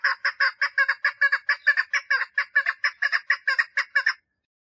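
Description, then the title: Partridge uttering a fast run of coarse, clucking notes for just over four seconds. "Perdiz Cantando"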